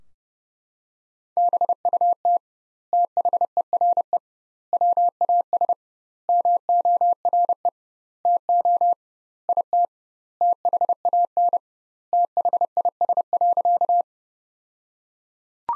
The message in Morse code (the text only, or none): BUT THERE WAS MORE TO IT THAN THIS.